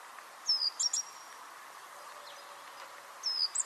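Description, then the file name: Great tit with two high call phrases, a falling whistle and quick sharp notes, separated by a long quiet gap of hiss. "Parus major"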